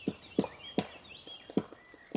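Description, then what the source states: Black Woodpecker hammering: dull wooden blows at uneven intervals, with faint thin whistled notes behind. Male and female pair taking turns excavating a nest cavity in a large poplar beside a road emptied by lockdown, foot of the Vercors, May 2020, spring nesting season.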